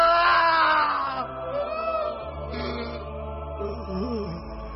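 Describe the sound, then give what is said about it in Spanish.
A loud, anguished cry from Jesus, strongest at the start, trails into a long, wavering, lower groan as he gives his last breath, over a steady low background hum. “Entonces Jesús soltó otro fuerte grito y dio su último suspiro.”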